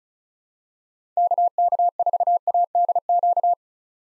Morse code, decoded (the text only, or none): KK4ADQ